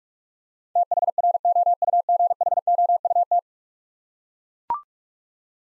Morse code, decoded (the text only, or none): THROUGHOUT